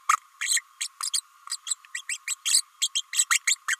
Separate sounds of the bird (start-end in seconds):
0.09-0.16, 0.41-0.61, 0.80-0.87, 1.02-1.09, 1.13-1.20, 1.49-1.56, 1.66-1.75, 1.94-2.01, 2.09-2.17, 2.27-2.35, 2.45-2.62, 2.81-2.89, 2.95-3.02, 3.12-3.25, 3.30-3.39, 3.47-3.56, 3.68-3.77